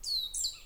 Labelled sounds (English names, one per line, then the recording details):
Stitchbird song
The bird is a male
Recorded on Tiritiri Matangi Island, New Zealand, in 2005
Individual 4, of nest box 4